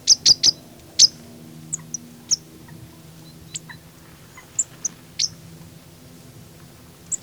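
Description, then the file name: Marsh tit calls, short sharp high chips, a quick cluster of three at the start, then scattered single notes through the rest. "Poecile palustris"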